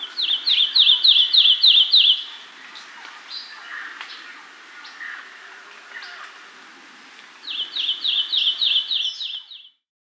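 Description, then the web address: Lemon-chested Greenlet calling in quick runs of about seven sharp, high repeated notes, two bursts separated by several seconds of soft forest background. Amazon, Peru. "Birds of the Amazon 3. Lemon-chested Greenlet (Hylophilus thoracicus), Peru"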